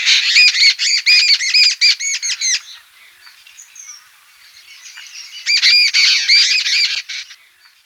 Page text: Jungle Babbler Calls. Quick Sounds